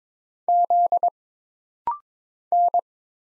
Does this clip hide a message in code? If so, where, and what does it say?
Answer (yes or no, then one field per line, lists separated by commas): yes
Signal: Morse code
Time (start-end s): 0.5-2.8 s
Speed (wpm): 22 wpm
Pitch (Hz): 700 Hz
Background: none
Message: Z N